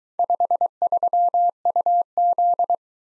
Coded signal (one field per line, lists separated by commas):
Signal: Morse code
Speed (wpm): 23 wpm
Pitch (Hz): 700 Hz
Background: none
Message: 53UZ